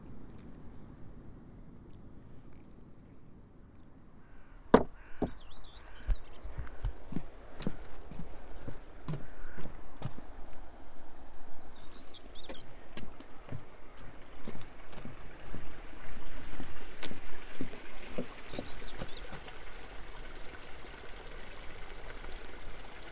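Footsteps crunch steadily from about five seconds on along the coast path, over a low wind rumble, with a few brief bird chirps.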